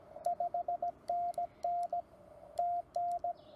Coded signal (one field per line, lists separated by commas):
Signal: Morse code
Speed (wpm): 18 wpm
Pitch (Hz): 700 Hz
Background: radio noise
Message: 5NN TN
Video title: CW mistakes are OK! Get on the Air